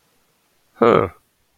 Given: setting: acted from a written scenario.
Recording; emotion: vocal sound without words; interest